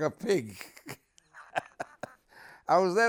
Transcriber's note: laughs